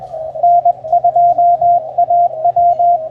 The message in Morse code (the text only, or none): N2AW